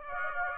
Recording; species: mosquito wingbeat signal from an infrared sensor; Aedes aegypti